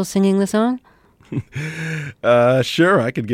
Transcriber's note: soundbite of laughter